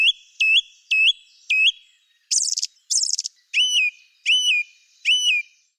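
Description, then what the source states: Song thrush singing: a whistled phrase repeated four times, two scratchy bursts, then a different whistled phrase repeated three times. Male sings a short phrase and repeats it 2 or 3 times, then pauses and sings a different phrase; rich and vibrant, ringing out loudly from high in a tree, often for several minutes.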